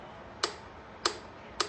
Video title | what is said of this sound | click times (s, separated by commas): 2008 CVO Electra Glide primary chain case oil change | All right, there's the click. All right. So, that worked good. We got that to 10 ft lbs. | 1.6 s